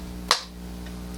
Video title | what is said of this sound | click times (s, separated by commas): You'll Never Guess How I built My Dream High End PC & You Can TOO!!... Proving Them Wrong Part 1 | and this tab is already open and so you're just gonna simply slide it in and push until you hear a click | 0.3 s